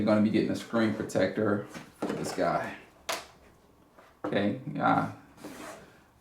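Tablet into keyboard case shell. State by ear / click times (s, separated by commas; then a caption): seated / 3.1 s. Someone talks while an iPad Pro is pressed into the clip-in shell of a Logitech Create backlit keyboard case. It snaps in with one sharp click at 3.1 s, and the tablet is seated in the case.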